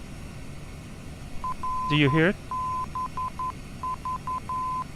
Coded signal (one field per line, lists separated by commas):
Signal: Morse code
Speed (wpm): 11 wpm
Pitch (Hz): 1020 Hz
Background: speech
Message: RBV